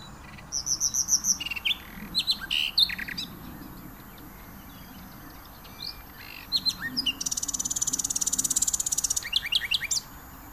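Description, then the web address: Common nightingale song with rapid repeated notes, scattered whistles and a long, high buzzing trill, all over a constant low background rumble. "venezia guida. usignolo"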